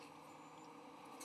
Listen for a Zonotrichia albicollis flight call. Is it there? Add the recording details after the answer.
no. No flight call is heard. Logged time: 01:59 on 21 November 2014